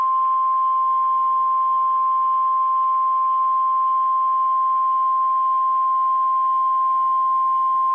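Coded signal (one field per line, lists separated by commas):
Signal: Emergency Alert System (SAME) tones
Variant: 1050 Hz attention tone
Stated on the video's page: Severe thunderstorm warning alert captured from internet streams.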